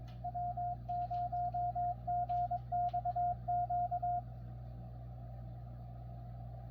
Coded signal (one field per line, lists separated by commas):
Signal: Morse code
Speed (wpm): 20 wpm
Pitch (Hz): 710 Hz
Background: radio noise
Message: W0GXQ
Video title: Xiegu X6100. CW decoder that actually works.. RC1BU software